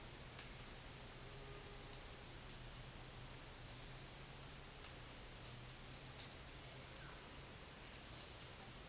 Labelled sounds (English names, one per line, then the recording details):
none
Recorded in dense forest near Puerto Asís, Putumayo, Colombia, on 13 March 2025 at 09:00
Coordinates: 0.481, -76.323
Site G088